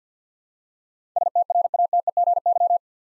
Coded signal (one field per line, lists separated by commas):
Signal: Morse code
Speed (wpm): 50 wpm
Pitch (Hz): 700 Hz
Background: none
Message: STRATEGY